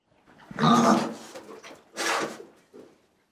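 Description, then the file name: Pig grunts: two rough, noisy bursts, followed by a short soft grunt. "Cerdo"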